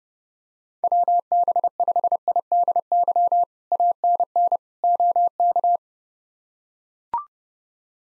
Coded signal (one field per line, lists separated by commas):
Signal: Morse code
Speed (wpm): 30 wpm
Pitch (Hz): 700 Hz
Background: none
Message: WB5IDY ANN OK